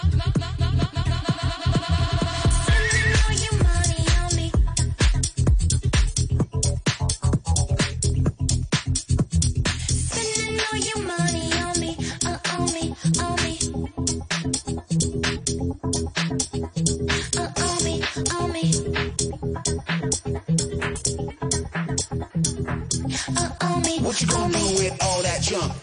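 An electronic dance music remix plays loudly and continuously, driven by a steady pounding beat under dense, layered synth tones that stay thick from start to finish.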